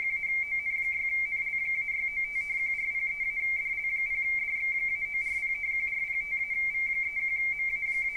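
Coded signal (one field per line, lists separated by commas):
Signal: RTTY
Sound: continuous fast warbling between two close high tones, steady burbling teleprinter chatter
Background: faint background noise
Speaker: we simply press this button that says send all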